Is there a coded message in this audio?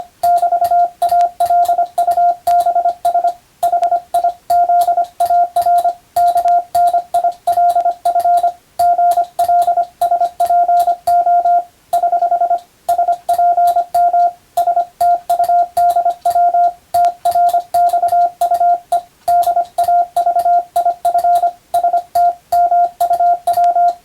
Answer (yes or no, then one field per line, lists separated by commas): yes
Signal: Morse code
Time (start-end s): 0.2-23.9 s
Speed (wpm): 25 wpm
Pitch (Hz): 700 Hz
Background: radio noise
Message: <BT> ALUBS HI ZAR KNILF GLSPO <HH> SPM STUDW TRXUE DAVIF ST MUW